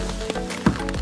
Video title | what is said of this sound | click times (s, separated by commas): Button Cover Hair Tie - Fabric Button Covers - How to Make Fabric Buttons Hairbow Supplies, Etc. | take this part out and once you heard that little boom part it's done it's all the way in there so now you can take it out and | 0.7 s